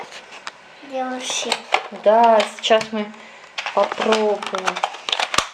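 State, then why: Not seated. The priming slide of a NERF Strongarm toy dart blaster is being handled as someone talks, with a few brief sharp ticks and rattles of handling in between. The slide has not latched or clicked yet.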